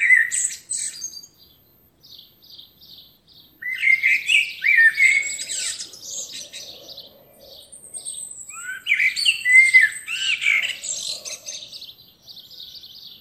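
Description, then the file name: Eurasian blackbird song, several phrases of fluty warbles and high scratchy twitters, separated by pauses. "Turdus merula"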